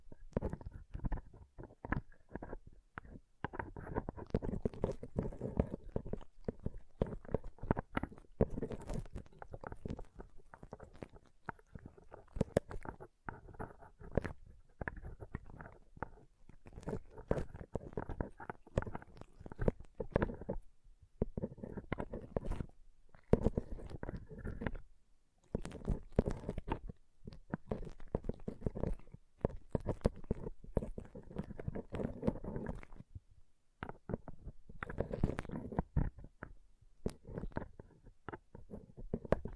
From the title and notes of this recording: ASMR Ultimate Pom Pom Tingles (No Talking).